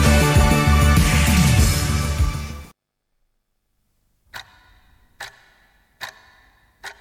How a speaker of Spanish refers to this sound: Tic tac, tic tac.